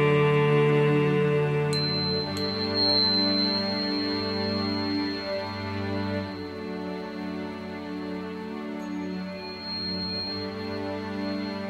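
Tuning forks and soft music ring as long, steady tones that overlap and slowly fade, with a fuller low hum at the start. Around two seconds a thin, high tone enters after a few light taps and holds through to the end.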